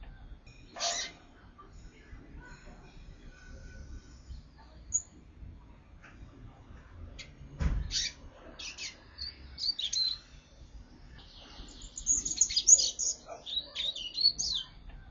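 Double-collared seedeater song: scattered high chirps at first, then a short phrase midway and a quicker, varied twittering burst near the end over a low rumble.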